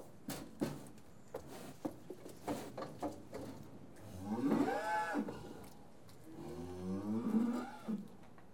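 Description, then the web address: Cattle giving two drawn-out moos after a run of soft taps and knocks. Cattle being tested; livestock. "The BBC Sound Effects Library Livestock Cattle Being Tested"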